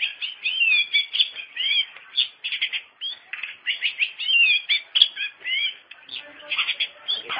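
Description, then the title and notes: Long-tailed shrike song, a fast varied warble of whistled and scratchy notes, some rising and falling slurs, running nonstop. Dated 201703 (March 2017). "Pentet 201703. Suara burung pentet"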